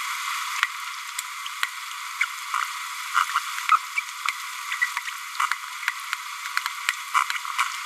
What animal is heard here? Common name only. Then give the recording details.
Green-rumped Parrotlet. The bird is a female. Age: 28 days. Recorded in a nest box in Venezuela. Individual 17B102A5